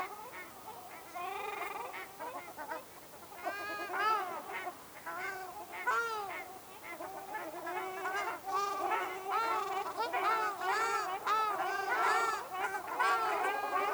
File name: Ruddy shelduck